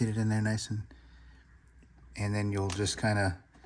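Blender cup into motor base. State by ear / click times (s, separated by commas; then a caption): not seated / none. A plastic blender cup with slotted keys is being handled and set into a Nutribullet Ultra motor base. Someone talks over faint handling noise in the pauses. Nothing has seated or clicked yet.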